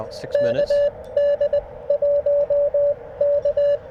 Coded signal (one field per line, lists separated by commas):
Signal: Morse code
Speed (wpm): 22 wpm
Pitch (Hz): 560 Hz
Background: speech, radio noise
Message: K D 1 K